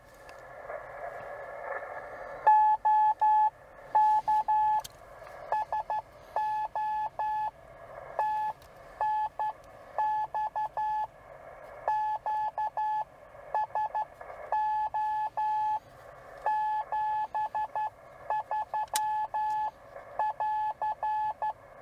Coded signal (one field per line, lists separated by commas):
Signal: Morse code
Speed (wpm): 12 wpm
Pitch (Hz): 860 Hz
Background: none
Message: OK SO TNX QSO 73<AR>